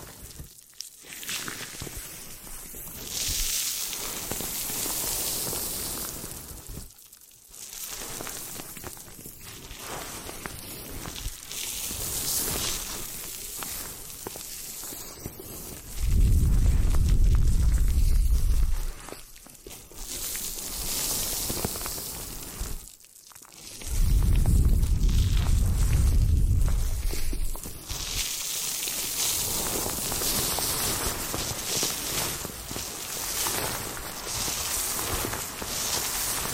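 Hair washing and brushing, with a steady soft rustling and hissing that shifts in texture as hands and bristles move. Two louder, deeper rumbling bursts stand out, one around 16–19 seconds and a longer one from about 24–28 seconds, with brief silent gaps between passages.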